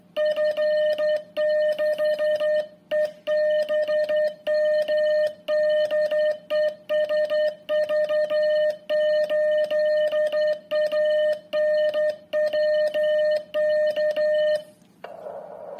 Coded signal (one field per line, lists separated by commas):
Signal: Morse code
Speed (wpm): 11 wpm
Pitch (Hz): 610 Hz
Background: music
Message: F6EBM DE SV8ANW K